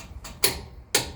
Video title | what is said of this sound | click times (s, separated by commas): Toyota Tundra Rear Brakes (2007-2021) | That's the click. | 0.9 s